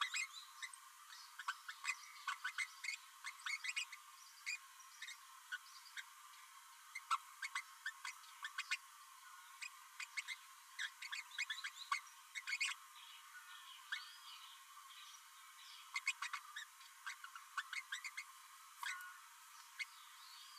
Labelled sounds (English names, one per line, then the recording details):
Green-rumped Parrotlet babbling
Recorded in a nest box in Venezuela
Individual 18B12A3